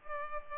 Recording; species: mosquito wingbeat signal from an infrared sensor; Culex pipiens